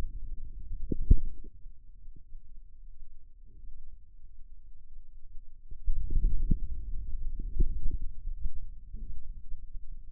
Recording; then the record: forearm muscle sounds (acoustic myography)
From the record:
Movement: outward rotation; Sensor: system 2, bracelet of six BSWA MPA416 microphones around the upper forearm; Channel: 2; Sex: male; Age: 22 years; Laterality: right